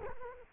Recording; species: mosquito wingbeat signal from an infrared sensor; Culex quinquefasciatus